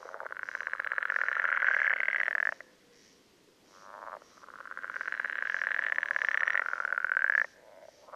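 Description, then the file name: Pool frog choruses in rapid, rattling pulse trains lasting a few seconds, separated by quieter pauses, with a fainter call in the first gap. "life dviete. pelophylax lessonae"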